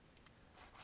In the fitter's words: and I hear a clicky click that means it's good